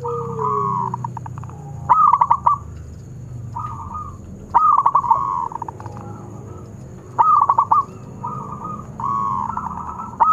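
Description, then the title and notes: Zebra dove song: bursts of rapid, stuttering cooing notes near one pitch, recurring every few seconds, with steadier hummed phrases between and a faint low whistle early on. Long-duration lure recording of a vigorously singing zebra dove. "Pancingan Perkutut Durasi Panjang. Suara Burung Perkutut Gacor"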